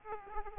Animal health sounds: mosquito wingbeat signal from an infrared sensor; Aedes aegypti

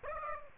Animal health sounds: mosquito wingbeat signal from an infrared sensor; Aedes aegypti

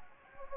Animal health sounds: mosquito wingbeat signal from an infrared sensor; Anopheles gambiae

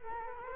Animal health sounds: mosquito wingbeat signal from an infrared sensor; Culex quinquefasciatus

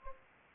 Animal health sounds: mosquito wingbeat signal from an infrared sensor; Anopheles gambiae

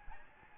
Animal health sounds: mosquito wingbeat signal from an infrared sensor; Aedes albopictus

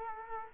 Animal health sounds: mosquito wingbeat signal from an infrared sensor; Culex quinquefasciatus

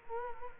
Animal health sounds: mosquito wingbeat signal from an infrared sensor; Culex quinquefasciatus

